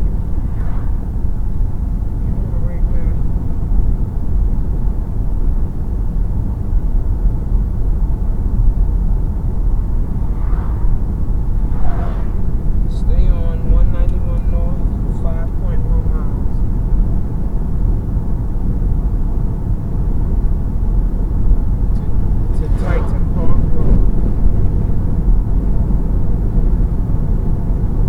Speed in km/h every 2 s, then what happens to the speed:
76, 77, 81, 81, 81, 81, 84, 85, 87, 87, 87, 87, 89, 90.
0-28 speeds up to 90.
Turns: none.